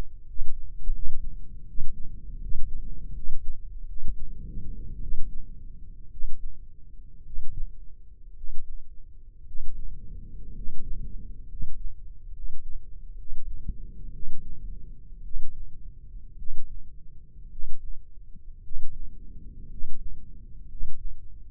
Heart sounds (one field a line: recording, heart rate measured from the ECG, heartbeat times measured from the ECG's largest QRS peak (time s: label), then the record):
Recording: heart sounds by microphone in the left ear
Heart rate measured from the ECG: 62 bpm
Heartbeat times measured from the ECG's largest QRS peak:
0.29 s: heartbeat
0.95 s: heartbeat
1.68 s: heartbeat
2.42 s: heartbeat
3.15 s: heartbeat
3.88 s: heartbeat
5.02 s: heartbeat
6.11 s: heartbeat
7.25 s: heartbeat
8.36 s: heartbeat
9.46 s: heartbeat
10.54 s: heartbeat
11.47 s: heartbeat
12.33 s: heartbeat
13.17 s: heartbeat
14.12 s: heartbeat
15.23 s: heartbeat
16.37 s: heartbeat
17.50 s: heartbeat
18.62 s: heartbeat
19.68 s: heartbeat
20.67 s: heartbeat
From the record:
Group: healthy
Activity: rest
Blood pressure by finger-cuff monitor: 135/76 mmHg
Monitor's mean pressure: 98 mmHg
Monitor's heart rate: 63 bpm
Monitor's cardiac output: 7.5 L/min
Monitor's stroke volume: 118 mL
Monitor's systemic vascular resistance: 940 dyn s/cm5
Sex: male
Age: 23 years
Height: 178 cm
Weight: 96.6 kg